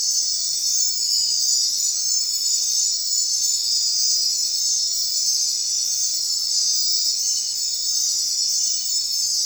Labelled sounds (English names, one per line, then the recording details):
none
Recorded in secondary vegetation near Puerto Asís, Putumayo, Colombia, on 23 June 2025 at 21:30
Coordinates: 0.499, -76.323
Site G077